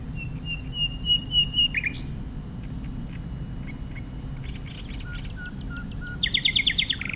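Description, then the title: Common nightingale song: a run of repeated level notes, scattered chirps, a slow series of level whistles, then a harsh rapid rattling burst, with a steady low humming drone beneath. Wild bird singing beside a path near a solar facility at Le Bourget-du-Lac, France, with the low drone of ventilation blowers audible. "73370 Le Bourget-du-Lac, France - Rossignol"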